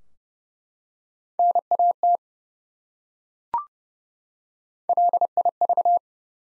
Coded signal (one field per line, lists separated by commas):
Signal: Morse code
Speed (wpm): 30 wpm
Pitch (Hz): 700 Hz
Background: none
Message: NAT LIV